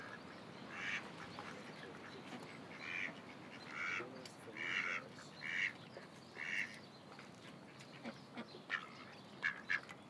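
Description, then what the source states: Duck quacking in short, raspy bursts roughly once a second, a pause, then several quicker quacks near the end, over a soft steady background hiss. Ducks at Lagoa das Furnas; binaural, equalized.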